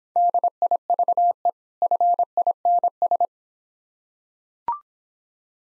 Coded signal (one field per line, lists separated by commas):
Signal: Morse code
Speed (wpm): 26 wpm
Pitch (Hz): 700 Hz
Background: none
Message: DIVE FINS